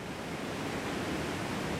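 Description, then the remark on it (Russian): A slow lowland river flowing, heard as a steady, broad, even wash of water noise that holds constant throughout, with no voices and no distinct splashes. “Послушайте, как течет равнинная река.”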